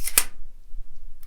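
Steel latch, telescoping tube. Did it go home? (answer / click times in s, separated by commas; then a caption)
released / 0.1 s, 0.2 s. A small release button at the back of a locking metal expandable baton is pressed so the lock releases and the baton collapses closed, rather than being struck against the ground. Two sharp metallic hits sound at 0.1 s and 0.2 s, the second much louder, followed by a faint tick near 1.2 s.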